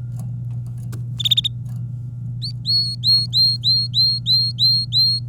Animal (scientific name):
Serinus canaria